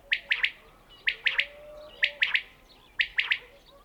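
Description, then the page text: Common quail song: a sharp three-note phrase, quick and liquid, repeated about once a second, four phrases in all, over a quiet background. Recorded in a mountain village (kishlak). "Mountain Kishlak. Coturnix coturnix - Горный кишлак. Перепел"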